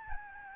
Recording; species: mosquito wingbeat signal from an infrared sensor; Aedes albopictus